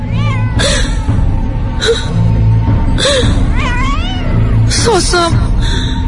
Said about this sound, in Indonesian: Di bawahnya masih kulihat ada kucing hitam yang terus mengeong menyeramkan.